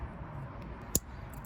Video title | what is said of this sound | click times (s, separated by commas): Great Eastern Cutlery #05 Keychain Knife in Stag with Sheepfoot Blade Review | so you can hear the snap it is not a strong pull i'd call it pretty much a five | 0.9 s